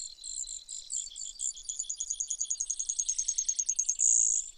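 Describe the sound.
Brewer's sparrow song: high buzzy notes, then a long quick trill of evenly spaced chips, ending in a loud, harsh buzz.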